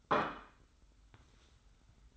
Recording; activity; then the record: daily activity, microphone in the room; place plate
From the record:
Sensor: 3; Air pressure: 990.8 hPa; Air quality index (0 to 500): 148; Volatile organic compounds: 441 ppm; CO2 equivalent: 4737 ppm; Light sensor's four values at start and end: 40/94/38/36 and 40/94/38/36